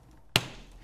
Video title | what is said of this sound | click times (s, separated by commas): V-Force Sentry Paintball Mask - Review | find that piece slide it down snaps | 0.4 s